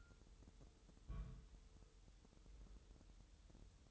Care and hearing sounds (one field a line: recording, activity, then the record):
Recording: daily activity, microphone in the room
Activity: place on stove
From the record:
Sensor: 3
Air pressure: 988.3 hPa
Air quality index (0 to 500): 191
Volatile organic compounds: 270 ppm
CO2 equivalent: 4412 ppm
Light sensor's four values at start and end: 24/75/31/27 and 24/75/31/27